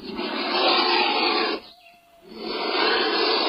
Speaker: That could explain why today's featured feathered friend sounds like this. It's the scary-sounding and scary-looking black vulture.